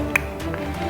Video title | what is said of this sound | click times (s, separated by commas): NERF Alien Menace Ravager Blaster with Robert-Andre! | when you put the barrels on, you make sure to push them really hard until you hear a little click like, | 0.2 s